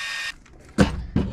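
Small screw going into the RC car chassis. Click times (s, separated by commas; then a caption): 0.8 s. A drill/driver on its lowest clutch setting drives a small screw into an RC car chassis while the wiring is being refitted. A steady high-pitched motor whine runs for the first 0.3 s, then goes quiet. A sharp burst at 0.8 s is followed by another rattling burst near 1.2–1.4 s as the screw strips out under the clutch.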